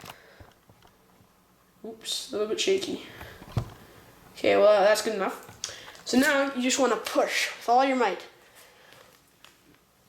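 A plastic drive shaft for a Traxxas Slash RC car is handled at its drive cup or hub while someone talks, with a few faint taps and a sharp tick near 3.6 s. Nothing has seated or clicked yet; the shaft is not pushed home before the clip ends.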